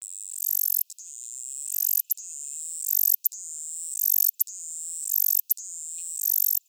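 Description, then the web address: Cicada song: high, hissing buzzes that swell in loudness, each lasting about a second, broken by short sharp clicks and brief gaps. New Zealand. "cicada NZ species"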